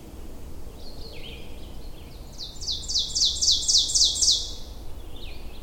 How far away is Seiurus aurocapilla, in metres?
about 5 m